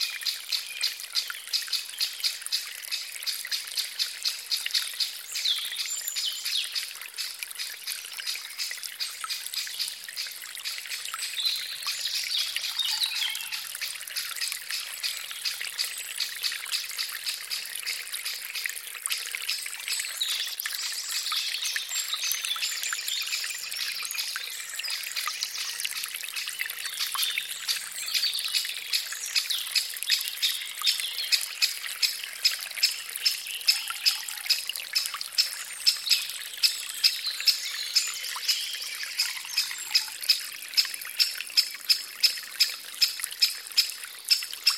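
A stream runs through a spring forest, a steady, dense trickle of bright splashing and bubbling with almost nothing low underneath. The flow stays even throughout, and in the last fifteen seconds it takes on a quicker, more regular pulsing patter.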